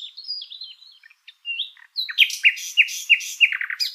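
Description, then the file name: Common nightingale song opening with wavering high whistles, then a loud series of sharp down-slurred notes repeated several times per second. "Luscinia megarhynchos"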